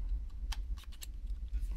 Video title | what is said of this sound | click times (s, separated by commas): Intel Nuc Unboxing, Montage, Installation Windows 10 | voilà, les petits ergots, clac, le petit clic, et voilà, vous êtes parti. | 0.5 s, 1.0 s